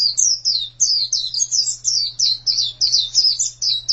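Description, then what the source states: White-eye singing a fast stream of high, thin, down-slurred notes, over a steady low hum. Chirping song.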